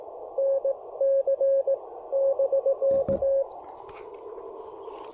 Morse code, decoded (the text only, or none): NC<BK>